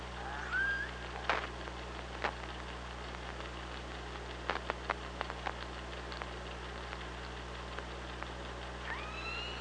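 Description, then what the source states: Killer whale calls, a short upswept cry at the start and another rising cry at the end, separated by bursts of clicking, with steady low hum throughout. Recorded on the OrcaLab hydrophone, 24 August 2017 at 05:33.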